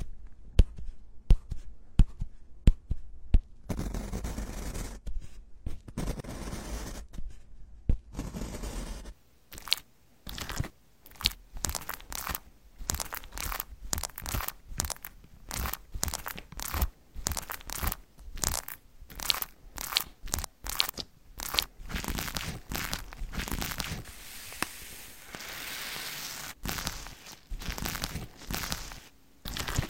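Busy tapping and smearing with crinkly tearing sounds, sparse at first, then dense rapid bursts from about ten seconds.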